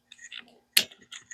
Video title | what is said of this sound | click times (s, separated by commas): Rain-X 810164 Latitude 2 in 1 Water Repellent Wiper Blades | make sure that snaps in place | 0.8 s